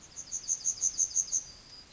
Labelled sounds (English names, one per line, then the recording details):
Yellowhammer song
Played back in forest
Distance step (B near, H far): E
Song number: 170